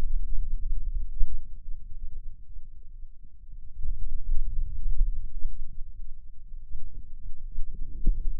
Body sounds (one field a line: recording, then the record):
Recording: forearm muscle sounds (acoustic myography)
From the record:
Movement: finger pinch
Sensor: system 2, bracelet of six BSWA MPA416 microphones around the upper forearm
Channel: 1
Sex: male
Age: 22 years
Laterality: right